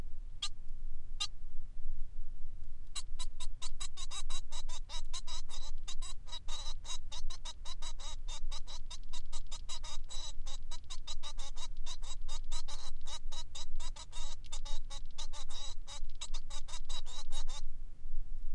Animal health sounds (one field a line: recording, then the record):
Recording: song of a male Bengalese finch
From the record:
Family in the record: son of father 3